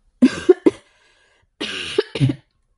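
Two short bursts of dry coughing, each a quick pair of harsh, breathy hacks separated by a brief silence, with no talking.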